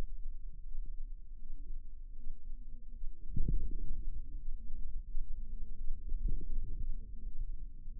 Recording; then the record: forearm muscle sounds (acoustic myography)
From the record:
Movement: radial deviation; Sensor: system 2, bracelet of six BSWA MPA416 microphones around the upper forearm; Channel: 4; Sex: female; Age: 23 years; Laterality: right